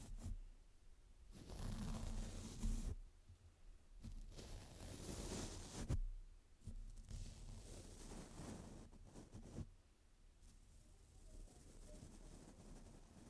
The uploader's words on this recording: ASMR mic brushing without any talking.